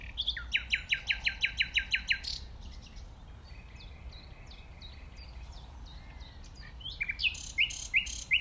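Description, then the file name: Common nightingale song opening with a loud series of about a dozen rapid repeated notes, a quieter pause with soft whistles, then another loud repeated phrase. "Luscinia megarhynchos"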